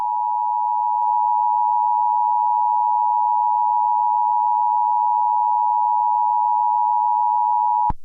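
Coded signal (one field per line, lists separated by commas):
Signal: Emergency Alert System (SAME) tones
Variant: 853 and 960 Hz attention tone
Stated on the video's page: Fictional EAS scenario about an SCP Foundation containment breach.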